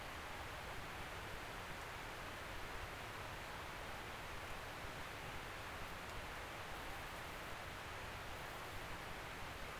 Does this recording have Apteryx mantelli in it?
no